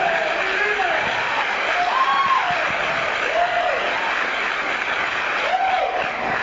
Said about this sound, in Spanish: Fuerte aplauso para Julio Delgado, que lo hizo muy bien